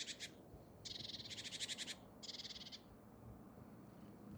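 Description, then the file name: Great tit churring: a quick double rattle, then a longer buzzy pulsed churr and a shorter one, fading into soft background noise. "Parus major"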